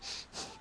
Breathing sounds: one breath in and out by a microphone near the nose and mouth; strong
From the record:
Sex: male

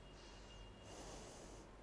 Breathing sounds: one breath in and out by a microphone near the nose and mouth; normal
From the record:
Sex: female

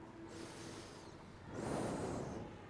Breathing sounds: one breath in and out by a microphone near the nose and mouth; normal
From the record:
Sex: male

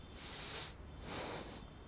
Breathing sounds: one breath in and out by a microphone near the nose and mouth; deep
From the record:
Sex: male

